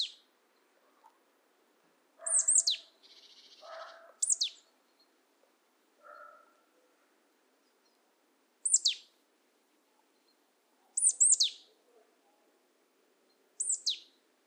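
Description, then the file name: Marsh tit calls: quick, sharply downslurred high notes in brief pairs and single notes, with lower, harsher buzzy notes early on. "Poecile palustris"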